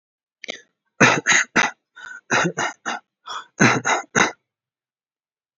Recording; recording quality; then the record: shallow voluntary cough; excellent, no background noise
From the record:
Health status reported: healthy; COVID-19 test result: not tested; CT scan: not taken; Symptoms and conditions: cough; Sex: male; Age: 18 years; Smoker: no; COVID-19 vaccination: both doses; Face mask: worn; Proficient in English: yes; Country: India